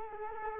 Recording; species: mosquito wingbeat signal from an infrared sensor; Culex quinquefasciatus